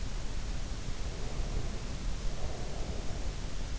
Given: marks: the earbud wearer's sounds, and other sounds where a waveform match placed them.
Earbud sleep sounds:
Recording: sounds in sleep by an in-ear microphone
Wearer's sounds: breath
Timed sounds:
1.05-3.39 s: breath

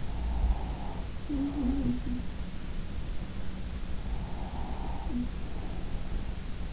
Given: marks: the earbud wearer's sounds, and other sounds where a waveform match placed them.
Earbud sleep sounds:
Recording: sounds in sleep by an in-ear microphone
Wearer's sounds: breath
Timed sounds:
0.01-2.26 s: breath
1.34-2.26 s: sound from someone else or the room
4.05-6.30 s: breath

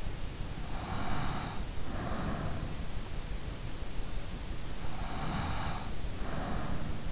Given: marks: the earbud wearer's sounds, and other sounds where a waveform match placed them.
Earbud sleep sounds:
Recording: sounds in sleep by an in-ear microphone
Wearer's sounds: breath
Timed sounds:
0.78-2.88 s: breath
4.94-7.12 s: breath

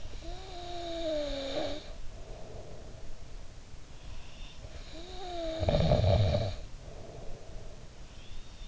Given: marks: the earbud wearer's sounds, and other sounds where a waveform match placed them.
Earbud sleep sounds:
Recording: sounds in sleep by an in-ear microphone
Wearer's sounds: snoring breath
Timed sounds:
0.00-3.26 s: snoring breath
4.55-8.01 s: snoring breath

